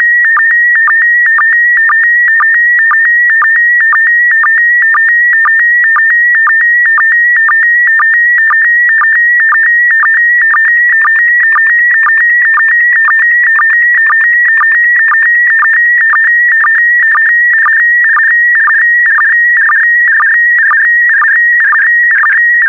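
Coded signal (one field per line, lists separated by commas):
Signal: SSTV (slow-scan television)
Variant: PD120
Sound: steady warbling tone around 2 kHz with rhythmic clicking blips, continuous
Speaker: Five, four, three, two, one. Thank you. Transmission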